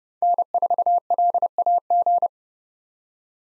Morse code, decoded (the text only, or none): N4LAG